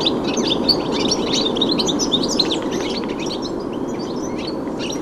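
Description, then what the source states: European goldfinch flock: rapid, bright twittering and tinkling chirps from many birds, continuous over steady background noise. Flock in black alders at Rantalehto, on the edge of Lohja, Finland, making a canary-like sound.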